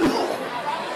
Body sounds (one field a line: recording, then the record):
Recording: coughing mixed with background sound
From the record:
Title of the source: Coughing 77